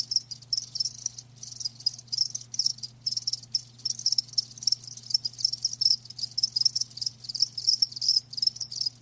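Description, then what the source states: Crickets chirping loudly in a dense high trill with brief gaps, pulses rapid and overlapping, over a low steady hum. Live crickets chirping, a lulling song.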